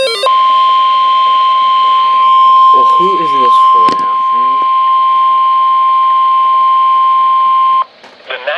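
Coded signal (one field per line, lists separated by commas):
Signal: Emergency Alert System (SAME) tones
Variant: 1050 Hz attention tone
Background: speech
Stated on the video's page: EAS alerts from NOAA weather radio during a severe weather event with a confirmed tornado.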